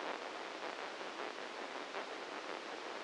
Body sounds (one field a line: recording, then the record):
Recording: brain microelectrode recording played as sound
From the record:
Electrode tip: inside the subthalamic nucleus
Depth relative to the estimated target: 0 mm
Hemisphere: right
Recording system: NeuroSet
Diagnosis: Parkinson's disease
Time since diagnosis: 7 years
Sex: male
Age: 44 years